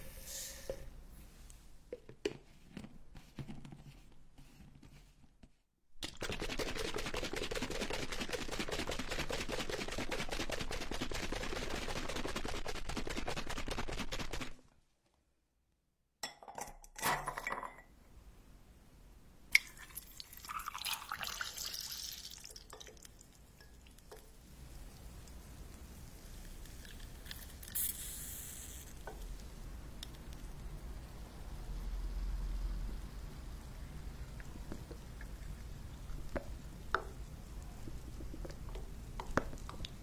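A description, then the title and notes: Ear picking and massage sounds open with soft scattered clicks, then a dense, steady rustling hiss runs from about 6 to 14 seconds before a brief silence. The rest is quieter crackling texture with occasional sharp ticks and a short bright scrape near 28 seconds. 5D ear picking massage.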